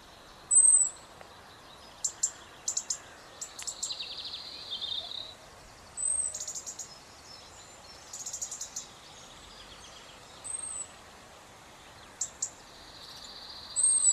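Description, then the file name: European robin calls: thin high whistles and bursts of dry ticking repeated throughout, with some buzzy mid-pitched notes mixed in. "Erithacus rubecula"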